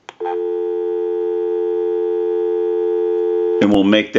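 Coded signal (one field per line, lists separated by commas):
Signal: telephone call progress tone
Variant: North America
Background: speech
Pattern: dial tone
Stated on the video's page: Call progress tone from a Western Electric 2500 desk telephone during initial checkout and repair.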